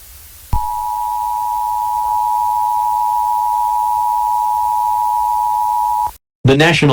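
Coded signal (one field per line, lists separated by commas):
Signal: Emergency Alert System (SAME) tones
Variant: 853 and 960 Hz attention tone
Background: speech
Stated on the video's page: Fictional EAS scenario about a Washington tornado outbreak, a simulated alert.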